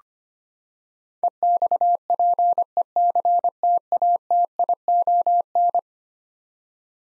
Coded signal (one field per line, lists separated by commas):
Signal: Morse code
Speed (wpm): 25 wpm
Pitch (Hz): 700 Hz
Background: none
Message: EXPECTATION